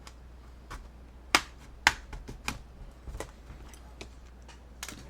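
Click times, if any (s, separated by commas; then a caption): 1.3 s, 1.9 s, 2.5 s. The plastic case of an HP 15-bs134wm laptop, being reassembled after a RAM upgrade, is pressed along its bottom edge so its clips snap into the chassis. Sharp snaps ring out at 1.4, 1.9 and 2.5 seconds, followed by a few softer ticks, and the clips are seated.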